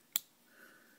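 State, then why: Seated. A plastic candy-toy figure's legs are pushed onto its waist joint, giving one sharp, bright plastic click at 0.2 s. A faint steady high tone follows. The legs lock into place.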